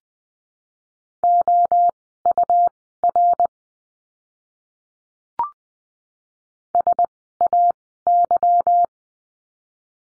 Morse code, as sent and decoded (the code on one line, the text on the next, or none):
--- ..- .-. / ... .- -.--
OUR SAY